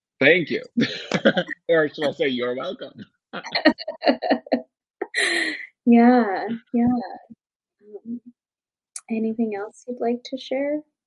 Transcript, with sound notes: Thank you. Or should I say, you’re welcome? (mutual laughter)
Yeah. Anything else you’d like to share?